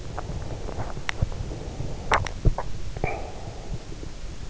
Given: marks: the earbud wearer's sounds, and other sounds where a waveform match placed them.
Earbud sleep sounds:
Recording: sounds in sleep by an in-ear microphone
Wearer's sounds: teeth grinding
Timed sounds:
0.00-3.39 s: teeth grinding

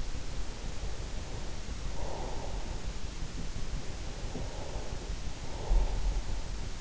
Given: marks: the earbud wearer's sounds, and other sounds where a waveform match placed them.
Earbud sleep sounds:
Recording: sounds in sleep by an in-ear microphone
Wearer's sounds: breath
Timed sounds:
0.33-2.96 s: breath
3.85-6.81 s: breath

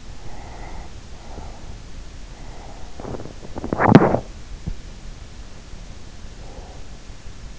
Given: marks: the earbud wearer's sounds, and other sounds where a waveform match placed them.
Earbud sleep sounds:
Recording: sounds in sleep by an in-ear microphone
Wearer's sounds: breath, teeth grinding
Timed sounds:
0.00-1.94 s: breath
2.25-3.42 s: breath
3.42-5.08 s: teeth grinding
5.91-7.22 s: breath

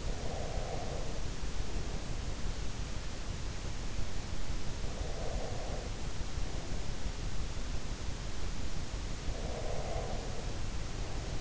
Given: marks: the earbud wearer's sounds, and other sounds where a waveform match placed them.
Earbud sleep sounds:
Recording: sounds in sleep by an in-ear microphone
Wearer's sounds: breath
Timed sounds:
0.00-2.01 s: breath
4.86-6.89 s: breath
9.25-11.41 s: breath

